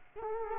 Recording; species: mosquito wingbeat signal from an infrared sensor; Culex quinquefasciatus